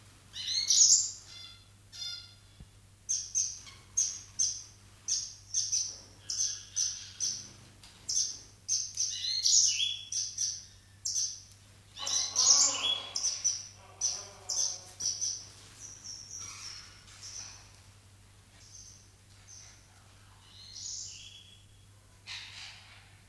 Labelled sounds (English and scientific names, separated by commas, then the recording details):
Yellow-fronted Canary (Crithagra mozambica) song
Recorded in captivity
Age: adult
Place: Zoo Rostock, Mecklenburg-Vorpommern, DE
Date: 1984-02-03 13:20
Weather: overcast, intermittent rain, 3-5°C
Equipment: Nagra SN, Kopie Uher 4000 Report Monitor
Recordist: Tembrock, Günter